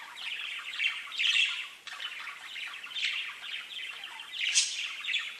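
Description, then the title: Budgerigar warbling chatter, a steady stream of scratchy chirps and squawks, rising now and then into brief sharper calls. "Budgie Sounds"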